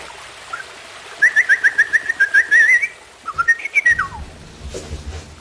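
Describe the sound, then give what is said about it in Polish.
A blackbird perched atop a pine tree in a garden sings a quick run of about ten bright, fluting notes, pauses, then adds a shorter phrase ending in a downward slur, clear over a low background hum. “Na czubkach sosny siadają kosy i pięknie śpiewają.”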